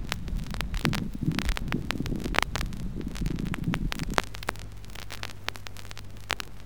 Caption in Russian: Влажных хрипов мелкого и среднего калибра. Влажные хрипы, так же как и сухие, могут выслушиваться как при вдохе, так и при выдохе.